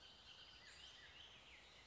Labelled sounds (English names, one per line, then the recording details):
Bullock's Oriole
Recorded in Sonoma County, California